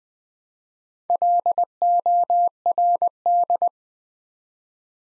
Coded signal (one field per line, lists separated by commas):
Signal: Morse code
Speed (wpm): 20 wpm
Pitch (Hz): 700 Hz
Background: none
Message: LORD